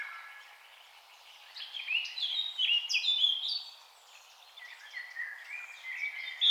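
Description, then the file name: Eurasian blackcap warbling in a rapid jumble of chattering and whistled notes, loudest in the middle, with softer phrases after. "Sylvia atricapilla"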